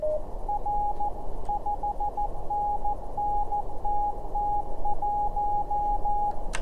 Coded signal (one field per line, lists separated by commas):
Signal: Morse code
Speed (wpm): 14 wpm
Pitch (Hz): 830 Hz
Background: radio noise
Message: R 5NN TT1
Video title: Morse Runner walk-through